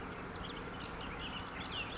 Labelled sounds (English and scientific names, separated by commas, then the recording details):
Bullock's Oriole (Icterus bullockii)
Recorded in Sonoma County, California